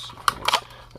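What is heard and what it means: The small plastic tab on the battery tray of a Gaui Eclipse E28R quadcopter body is pressed down, and a sharp, loud click at 0.3 s marks the latch letting go so the tray comes out. A brighter double clatter follows around 0.5 s, with faint ticks near 0.9 s. The tray latch releases, and the tray pulls out and clicks back in to lock.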